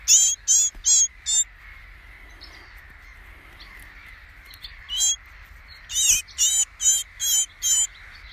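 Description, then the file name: Eurasian blue tit giving rasping notes in two bursts, a few at the start and several later, with a humming pause between. "Cyanistes caeruleus"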